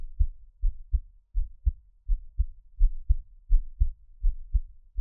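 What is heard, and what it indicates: Steady, deep thumping heartbeat at about 83 beats a minute, each beat a soft paired lub-dub in a regular rhythm. Close-up sounds of an adult's own heart, made for ASMR listening and best heard on headphones, with no talking and a quiet low hum behind.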